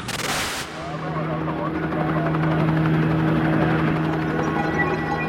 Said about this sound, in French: Dans le ciel de Los Angeles, les hélicoptères des différentes chaînes de télé survolent la ville à la recherche de la Ford Bronco blanche